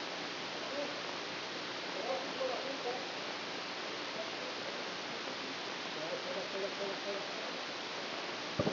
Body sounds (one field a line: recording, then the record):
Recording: brain microelectrode recording played as sound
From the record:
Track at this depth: inside the subthalamic nucleus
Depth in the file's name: 0.04 mm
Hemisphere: right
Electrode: 2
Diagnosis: Parkinson's disease